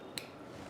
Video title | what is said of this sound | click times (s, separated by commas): Dry powder inhaler എങ്ങനെ ഉപയോഗിക്കാം? | Okay അപ്പൊ അത് ലോക്ക് ആയി എന്നാണ് അർത്ഥം | 0.2 s